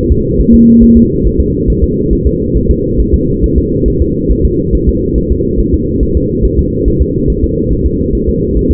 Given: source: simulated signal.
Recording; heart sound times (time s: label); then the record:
fetal heart sounds
0.12 s: S2
0.40 s: S1
0.54 s: S2
0.83 s: S1
0.97 s: S2
1.26 s: S1
1.40 s: S2
1.70 s: S1
1.84 s: S2
2.13 s: S1
2.27 s: S2
2.57 s: S1
2.71 s: S2
3.00 s: S1
3.14 s: S2
3.44 s: S1
3.58 s: S2
3.88 s: S1
4.02 s: S2
4.31 s: S1
4.45 s: S2
4.75 s: S1
4.89 s: S2
5.18 s: S1
5.32 s: S2
5.60 s: S1
5.74 s: S2
6.03 s: S1
6.17 s: S2
6.45 s: S1
6.59 s: S2
6.88 s: S1
7.02 s: S2
7.30 s: S1
7.44 s: S2
7.72 s: S1
7.86 s: S2
8.15 s: S1
8.29 s: S2
8.57 s: S1
8.71 s: S2
From the record:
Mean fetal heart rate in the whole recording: 140 bpm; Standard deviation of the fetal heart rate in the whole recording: 2 bpm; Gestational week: 34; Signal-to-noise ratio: -10.2 dB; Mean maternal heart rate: 72 bpm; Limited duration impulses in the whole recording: present